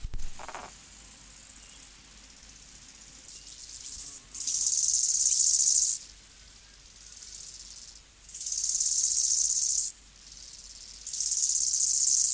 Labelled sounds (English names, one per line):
Bow-winged Grasshopper stridulation